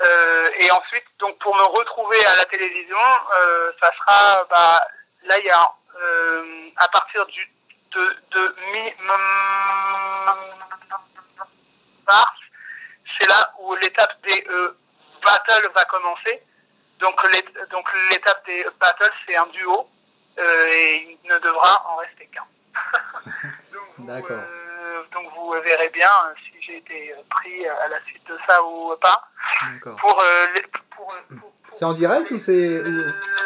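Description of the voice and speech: French speech from an adult male singer who has stuttered since age 3, with sound and word repetitions, prolonged sounds and a long silent block: stuttering.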